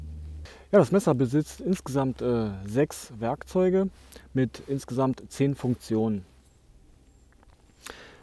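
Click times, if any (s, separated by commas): 7.9 s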